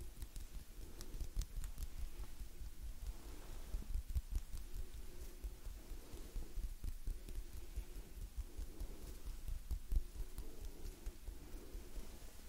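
Gentle hand movements rustle and brush steadily, with frequent soft taps and a low rumble throughout, dense but quiet for twelve seconds.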